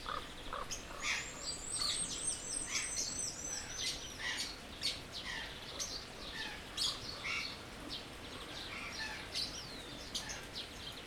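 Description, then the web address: Birds calling busily, a rapid run of high looping whistled notes early on, then many sharp chirps from several birds throughout. Birds in an aviary at Jászberény Zoo, 2016. "allathangok jaszberenyizoo 2016 madarak ropde"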